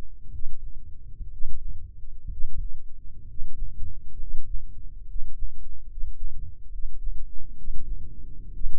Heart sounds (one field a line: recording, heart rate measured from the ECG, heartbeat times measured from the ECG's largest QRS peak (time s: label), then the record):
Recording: heart sounds by microphone in the left ear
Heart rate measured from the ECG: 66 bpm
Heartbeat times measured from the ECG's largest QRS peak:
0.30 s: heartbeat
1.29 s: heartbeat
2.28 s: heartbeat
3.25 s: heartbeat
4.17 s: heartbeat
5.05 s: heartbeat
5.87 s: heartbeat
6.69 s: heartbeat
7.54 s: heartbeat
8.50 s: heartbeat
From the record:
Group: healthy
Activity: rest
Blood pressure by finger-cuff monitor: 96/66 mmHg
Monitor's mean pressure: 76 mmHg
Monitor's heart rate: 66 bpm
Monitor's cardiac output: 5.9 L/min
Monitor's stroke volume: 88 mL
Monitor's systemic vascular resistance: 920 dyn s/cm5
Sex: male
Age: 23 years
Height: 178 cm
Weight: 96.6 kg